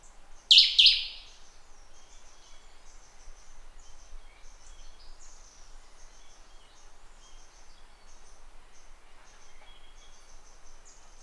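Bird giving one loud, rasping double note near the start, followed by a background of faint high twittering.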